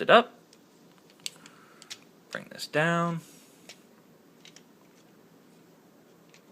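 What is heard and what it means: A plastic toy panel on a plastic transforming action figure is handled and folded down into the figure's body as it is converted into vehicle mode, giving short, light plastic taps and rattles while someone talks. Nothing has seated or clicked into place yet.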